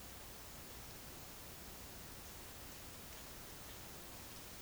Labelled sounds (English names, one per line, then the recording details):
none
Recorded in dense forest near Puerto Asís, Putumayo, Colombia, on 20 February 2024 at 11:00
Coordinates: 0.485, -76.322
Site G6406